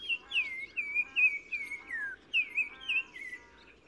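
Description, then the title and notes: Black-crowned tchagra song: a run of clear whistled notes, each sliding down and slurring into the next, falling overall in two repeated phrases, with faint chirps from other birds. Recorded 15 March 2000 in spring at Oued Massa, Morocco, in gardens around Zaouit Massa village at the river mouth; bird singing in hedges and bushes; repeated phrase; Nagra Ares-BB with Telinga Pro6. "OISEAU TELEPHONE. 15 mars 2000-Oued Massa - Maroc. le Téléphone tchagra (Tchagra senegalus - Black-crowned Tchagra) qui se fait remarquer par sa phrase répétée du plus bel effet"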